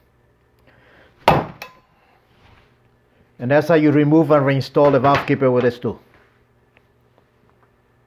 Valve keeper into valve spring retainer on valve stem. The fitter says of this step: it locks in place